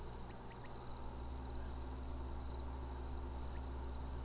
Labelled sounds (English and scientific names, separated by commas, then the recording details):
Common Quail (Coturnix coturnix)
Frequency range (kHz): Common Quail (Coturnix coturnix) 1.7-3.2 kHz
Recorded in France